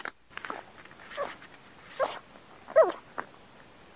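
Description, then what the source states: Dog giving a few muffled, rough barks spread irregularly across a few seconds. A dog named Astro.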